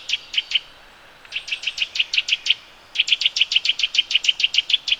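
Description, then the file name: Eurasian nuthatch calling in quick runs of clear, high piping notes, several per second, three bursts with brief gaps between them; otherwise quiet. "Sitta europaea"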